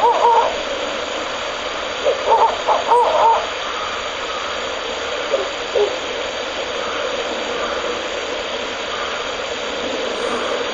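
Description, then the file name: Ural owl calling in the opening seconds with short paired and grouped tonal notes, then a few faint notes over a constant hiss. Male and female together; recorded 31 March 2019 at 17:54 at Shōnen no Mori. "フクロウ♂♀ 1903311754 少年の森"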